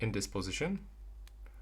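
Someone talks while a nano SIM card is handled at the plastic SIM tray of a Samsung Galaxy M15 5G smartphone. Two faint, brief ticks follow at about 1.3 s and 1.5 s. The card has not seated or clicked into the tray yet.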